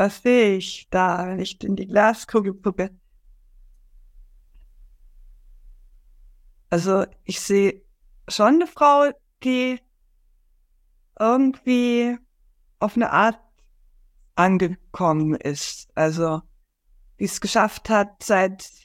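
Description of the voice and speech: Adult woman's German speech broken by long silent pauses and stretched sounds: stuttering blocks and prolongations.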